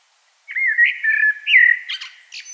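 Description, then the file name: Common blackbird singing a smooth, mellow whistled phrase of looping notes that ends in a brief, high, scratchy twitter. "Turdus merula"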